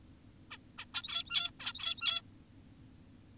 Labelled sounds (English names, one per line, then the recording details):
Zebra Finch
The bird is an adult
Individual g17y2U